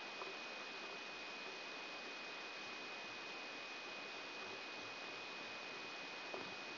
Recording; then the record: brain microelectrode recording played as sound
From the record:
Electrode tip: outside the subthalamic nucleus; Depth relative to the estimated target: -4 mm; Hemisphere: right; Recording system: AlphaMap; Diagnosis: Parkinson's disease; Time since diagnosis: 9 years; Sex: male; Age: 66 years